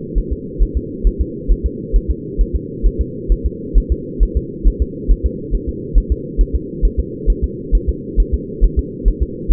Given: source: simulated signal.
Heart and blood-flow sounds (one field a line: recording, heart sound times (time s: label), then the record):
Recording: fetal heart sounds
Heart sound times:
0.18 s: S1
0.32 s: S2
0.63 s: S1
0.77 s: S2
1.07 s: S1
1.21 s: S2
1.52 s: S1
1.66 s: S2
1.96 s: S1
2.11 s: S2
2.41 s: S1
2.55 s: S2
2.86 s: S1
3.01 s: S2
3.32 s: S1
3.46 s: S2
3.78 s: S1
3.92 s: S2
4.23 s: S1
4.37 s: S2
4.67 s: S1
4.82 s: S2
5.11 s: S1
5.26 s: S2
5.55 s: S1
5.69 s: S2
5.98 s: S1
6.12 s: S2
6.41 s: S1
6.55 s: S2
6.85 s: S1
7.00 s: S2
7.30 s: S1
7.44 s: S2
7.75 s: S1
7.89 s: S2
8.20 s: S1
8.34 s: S2
8.64 s: S1
8.79 s: S2
9.08 s: S1
9.23 s: S2
9.52 s: S1
From the record:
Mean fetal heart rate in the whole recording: 135 bpm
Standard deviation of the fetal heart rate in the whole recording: 3 bpm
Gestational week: 36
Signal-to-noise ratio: -4.1 dB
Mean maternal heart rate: no maternal heart sound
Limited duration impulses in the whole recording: absent